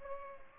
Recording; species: mosquito wingbeat signal from an infrared sensor; Culex pipiens